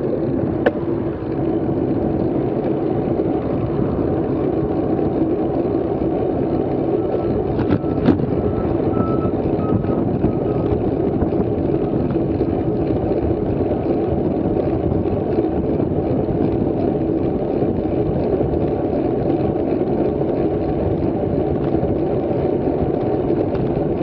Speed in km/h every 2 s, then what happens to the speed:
25, 27, 29, 30, 30, 30, 30, 31, 32, 34, 34, 35.
0-24 speeds up to 35.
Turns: none.